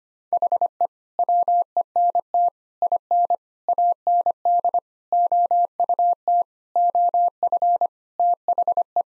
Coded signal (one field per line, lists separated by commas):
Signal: Morse code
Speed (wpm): 25 wpm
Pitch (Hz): 700 Hz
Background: none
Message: HE WENT IN AND OUT OF THE